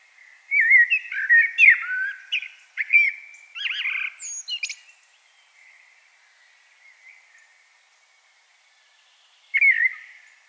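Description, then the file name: Common blackbird song: a rich warbled phrase of fluting notes ending in higher squeaky twitters, then a long pause and a fresh phrase starting. "Turdus merula"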